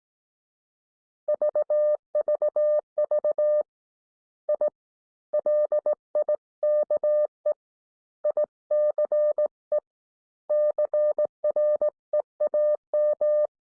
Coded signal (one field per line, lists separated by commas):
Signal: Morse code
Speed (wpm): 18 wpm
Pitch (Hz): 600 Hz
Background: none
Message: VVV I LIKE ICE CREAM